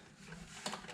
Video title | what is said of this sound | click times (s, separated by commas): Replacing pillowball bearings on the FD RX-7 using a ball joint press | and just kind of muscle it in until it clicks. | 0.7 s